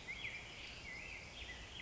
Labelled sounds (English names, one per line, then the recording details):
Black-headed Grosbeak
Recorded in Sonoma County, California